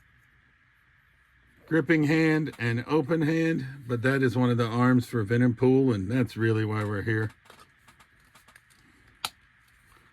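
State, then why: Seated. Someone talks, then a plastic build-a-figure arm for the Venompool figure is pushed into the shoulder socket of the plastic torso. It snaps into place with a sharp click at 9.2 seconds, and the arm is seated.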